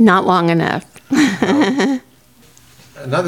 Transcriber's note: chuckling